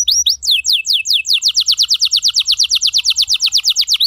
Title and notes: Pancingan Kenari Muda Durasi Panjang. masteran kenari